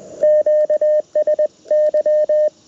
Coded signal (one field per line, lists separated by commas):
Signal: Morse code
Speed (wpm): 21 wpm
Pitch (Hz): 610 Hz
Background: radio noise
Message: QSY